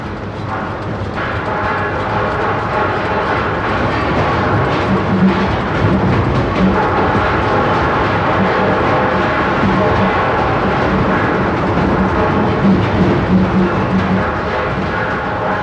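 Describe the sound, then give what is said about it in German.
A loud, steady industrial roar of heavy gold ore-processing machinery at the Walreefs gold plant in South Africa, where trainloads of ore rock become bullion gold, a dense rumbling drone with constant humming tones and rattling that holds unchanged throughout. “Die Gold Plant von Walreefs. Aus ganzen Güterzugladungen von Erzgestein werden hier ein paar hundert Kilo Barrengold gewonnen.”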